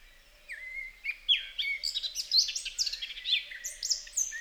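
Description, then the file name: Eurasian blackcap singing a quick, jumbled warble of clear whistles and sliding notes, starting softly and then running busily to the end. "Sylvia atricapilla"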